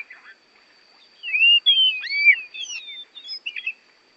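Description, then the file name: Oriental magpie-robin song: a brief run of clear whistled slurs and sweeping notes, mostly after a quiet first second. Borneo; used as masteran, for training songbirds. "kacer borneo"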